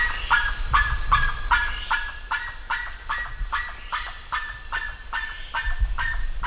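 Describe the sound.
Bird calling in a steady series of short, harsh, downward-slurred notes, about two and a half per second, with a low rumble underneath.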